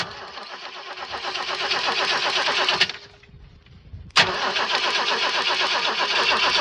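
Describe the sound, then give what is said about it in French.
A car engine cranks on a cold start after sitting overnight, with oil drained into the sump and pistons rubbing metal on metal against the cylinder walls. It runs with a harsh, rattling clatter, sags to a low rumble for about a second, then catches abruptly and roars steadily again. No one speaks. “Dès les premiers coups de démarreur, les pistons et les segments attaquent littéralement les parois des cylindres. À froid.”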